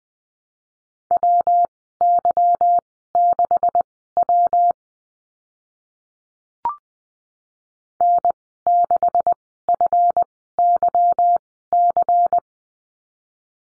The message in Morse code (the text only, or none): WY6W N6FYC